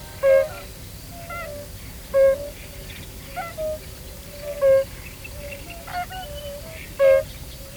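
European fire-bellied toad gives short, pure, low notes every two to three seconds, with a few fainter notes between, over a steady background hum.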